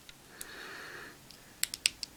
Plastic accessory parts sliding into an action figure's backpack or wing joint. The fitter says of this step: flip them around and slide them down until they click into place